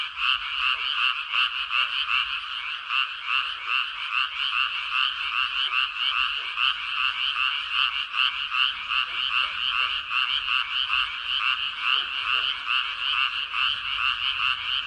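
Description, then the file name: Continuous frog chorus, countless rapid croaks blending into a steady pulsing rattle that never stops. Recorded on 13 May 2022. "20220513 개구리"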